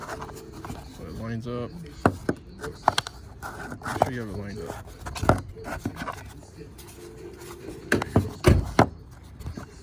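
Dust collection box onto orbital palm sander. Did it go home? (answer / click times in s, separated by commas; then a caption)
yes / 8.8 s. A plastic dust collection box is lined up and pushed onto a Harbor Freight orbital palm sander while someone talks, with light scraping and handling sounds. It snaps into place with a sharp click at 8.8 s, and the box is seated.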